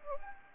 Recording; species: mosquito wingbeat signal from an infrared sensor; Anopheles gambiae